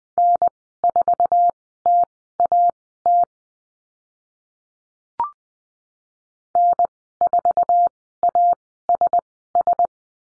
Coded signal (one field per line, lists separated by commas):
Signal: Morse code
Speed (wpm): 20 wpm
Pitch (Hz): 700 Hz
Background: none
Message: N4TAT N4ASS